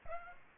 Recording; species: mosquito wingbeat signal from an infrared sensor; Aedes aegypti